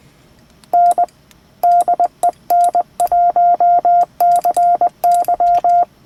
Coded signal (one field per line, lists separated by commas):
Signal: Morse code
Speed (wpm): 20 wpm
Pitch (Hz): 700 Hz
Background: none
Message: N DE N1CY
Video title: Ham Radio Linked Repeaters & Full Duplex Handhelds